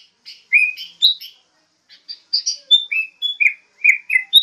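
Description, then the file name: Sooty-headed bulbul singing short, bright whistled notes and chirps with a brief pause partway through. The phrases are uneven but come roughly twice a second. Vigorous, energetic singing ('gacor'), used as master song for training songbirds. "Masteran kutilang gacor"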